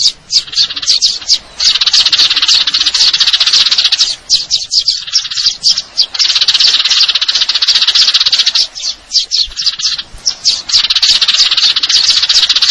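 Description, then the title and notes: Eurasian tree sparrow chatter of rapid high chirps and trills, delivered in long runs with several short breaks. Fighting call (tarung) with long trills (nembak panjang); clear-sound masteran training recording intended for contest birds. "GEREJA TARUNG NEMBAK PANJANG SUARA JERNIH MASTERAN WAJIB BURUNG LOMBA. Burung Gereja"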